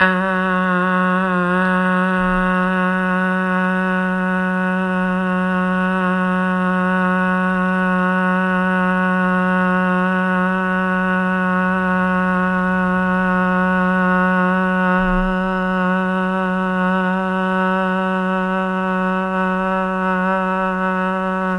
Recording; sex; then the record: sustained vowel /a/; female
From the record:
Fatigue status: no fatigue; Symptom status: asymptomatic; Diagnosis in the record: COVID-19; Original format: m4a